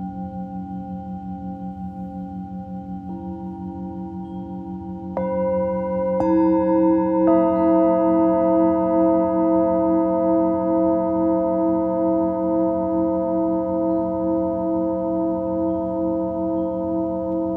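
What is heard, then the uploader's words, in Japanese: Tibetan singing bowls and sanukite stones ring in long, overlapping tones with a steady, wavering pulse. New clear strikes join at about 3, 5, 6 and 7 seconds, each adding a brighter pitch and filling out the sound, which then sustains evenly to the end over a soft low hum. シンギングボウルのサウンドヒーリング。チベタンシンギングボウルとサヌカイト。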